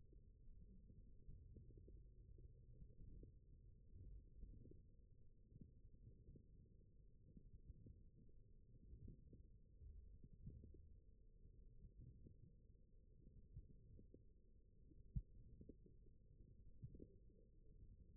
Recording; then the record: forearm muscle sounds (acoustic myography)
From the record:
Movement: wrist extension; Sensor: system 1, eight BSWA MPA416 microphones around the upper forearm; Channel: 5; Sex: male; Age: 20 years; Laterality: left